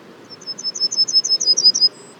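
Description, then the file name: Yellowhammer song, a rapid run of high paired chips rising slightly in loudness, ending with a faint higher note. Les Alisiers, 21 July 2020; several yellowhammers. "200721-11-bruants-jaunes-Les-Alisiers"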